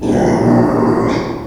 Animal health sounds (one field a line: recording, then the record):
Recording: squeal of a Yucatan mini pig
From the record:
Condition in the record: before surgery on the right vocal fold (resection and tissue-engineered implant)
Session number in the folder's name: 1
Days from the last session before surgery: -3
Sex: male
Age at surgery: 12 weeks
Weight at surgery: 13 kg